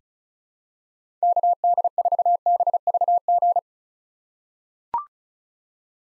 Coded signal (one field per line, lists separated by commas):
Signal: Morse code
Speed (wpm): 36 wpm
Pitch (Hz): 700 Hz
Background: none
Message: KD4BVG